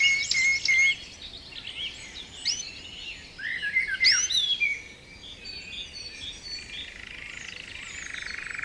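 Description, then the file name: Canary: songbird warbling softer, varied whistled notes and slurred chirps, with a faint buzzy trill near the end. Canary training song (kenari terapi), posted October 2013. "kenari terapi omkicau"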